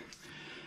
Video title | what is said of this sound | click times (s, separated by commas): Kioti CK3510 HST fuel filter | Heard a click. Okay. | 0.1 s